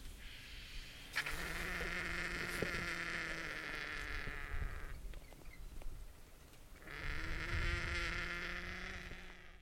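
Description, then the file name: Indian vulture producing long, coarse hissing rasps with low guttural grunts beneath, two drawn-out bouts separated by a short quieter gap. "Indian Vulture Gyps indicus"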